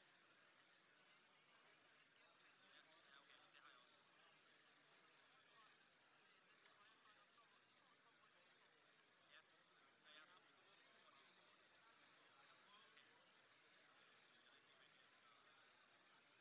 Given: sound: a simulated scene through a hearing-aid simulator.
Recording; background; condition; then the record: conversation; cafeteria (anchor of the quiet scene); -6 dB SNR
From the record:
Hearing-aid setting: anchor resembling a broken hearing aid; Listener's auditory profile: D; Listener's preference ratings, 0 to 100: 0, 1, 1